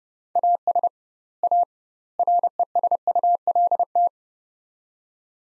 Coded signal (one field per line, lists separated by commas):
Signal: Morse code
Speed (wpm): 32 wpm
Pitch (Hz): 700 Hz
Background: none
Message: AS A RESULT